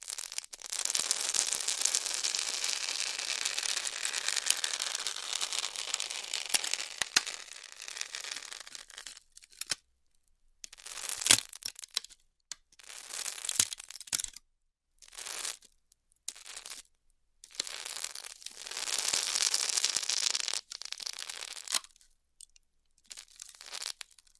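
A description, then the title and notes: A hot wire cutting through styrofoam gives a bright, hissing crackle. It runs steadily for the first nine seconds, then breaks into short bursts separated by silences. A longer stretch comes around 18 to 21 seconds, with faint clicks between cuts. ASMR Styrofoam Heat Cutting (No Talking).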